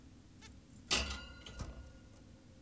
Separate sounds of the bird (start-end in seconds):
0.42-0.48